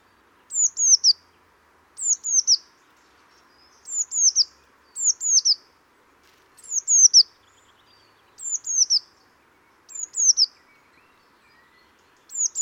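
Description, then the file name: Eurasian blue tit calling with sharp, high descending notes in pairs and triplets, each cluster recurring every couple of seconds against near silence. "Cyanistes caeruleus"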